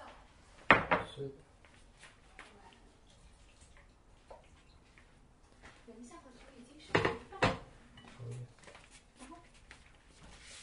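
Dishes being washed, with sharp clinks of plates and utensils knocking together, loudest near the first second and again around seven to seven and a half seconds. Between these, softer rattles and scrapes come and go over a low, steady hiss.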